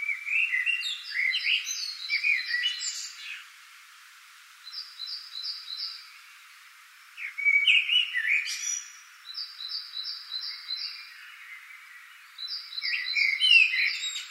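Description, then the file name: Common blackbird singing low fluty warbled phrases with squeaky high endings, separated by pauses, while another bird repeats rows of short, even, high notes between them. "Turdus merula"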